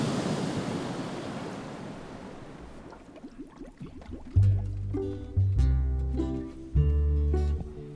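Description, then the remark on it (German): A loud, steady roar of flood water rushing in and filling a room fills the first few seconds, then thins out as deep, swelling music with sustained low notes takes over. “Die Flut hinter dem Cornel brauste heran.”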